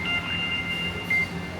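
A gas regulator is locked onto the valve of an LPG cylinder after a small safety device and pipe have been fitted. A steady low hum and faint tonal ringing run throughout, with a single short hit at 1.1 seconds as the regulator locks in place on the cylinder valve.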